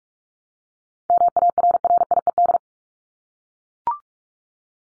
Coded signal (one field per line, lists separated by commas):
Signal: Morse code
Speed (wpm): 44 wpm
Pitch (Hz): 700 Hz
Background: none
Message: MARRIED